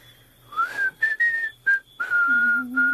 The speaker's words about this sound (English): Will you show me how to do that? What, whistle?